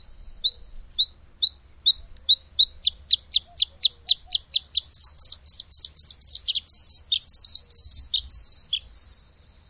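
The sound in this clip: Bird singing a high series: evenly spaced thin chips that quicken into rapid chirps, then longer, slurred high notes near the end over a quiet background.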